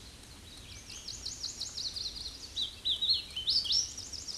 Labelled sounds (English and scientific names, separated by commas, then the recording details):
Hooded Warbler (Setophaga citrina) song
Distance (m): 15 m
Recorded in a Pennsylvania forest on 18 May 2023 at 08:14
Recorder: AudioMoth, point grid1_35_low
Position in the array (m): 171 m, 149 m